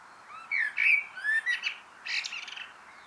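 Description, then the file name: Eurasian blackbird delivering a flowing fluted warble that breaks into a buzzy, chattering high-pitched finish. "Turdus merula"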